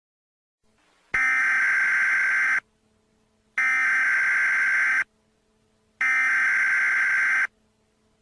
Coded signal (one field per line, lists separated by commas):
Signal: Emergency Alert System (SAME) tones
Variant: header bursts